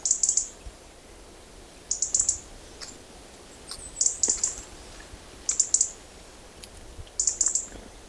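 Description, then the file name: European robin uttering brief clusters of high, thin tick notes, five groups at fairly regular intervals, with faint clicks between. "Erithacus rubecula"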